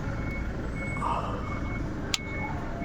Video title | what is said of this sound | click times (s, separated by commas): DA17W - HOW TO CHANGE SERPENTINE BELT - SUZUKI EVERY WAGON/VAN | Okay, so nag-click na. | 2.1 s